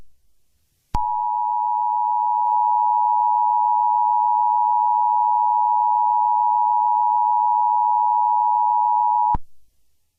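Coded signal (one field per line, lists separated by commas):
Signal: Emergency Alert System (SAME) tones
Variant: 853 and 960 Hz attention tone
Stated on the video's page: Fictional EAS scenario, requested story, edited simulated alert.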